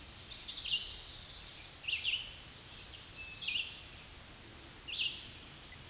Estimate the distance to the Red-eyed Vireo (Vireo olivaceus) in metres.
about 30 m